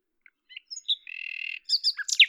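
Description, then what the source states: Common nightingale song: a few soft notes, a buzzy rattling trill, then loud high varied chirps. At Lavours, France, on 10 May 1998; Tascam DAP-1 with Télingua microphone, edited in Samplitude 5.1.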